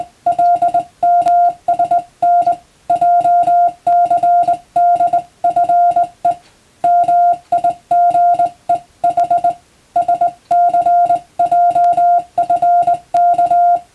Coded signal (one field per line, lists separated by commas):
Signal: Morse code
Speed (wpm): 21 wpm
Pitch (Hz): 700 Hz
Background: music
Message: LMSN JCDFE MIGE H SCJFK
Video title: クリスマスにモールス！令和の今でも行われているモールスの国家試験は無線通信の原点です。アマチュア無線ハムの受信練習にどうぞ(morse code practice radio operator )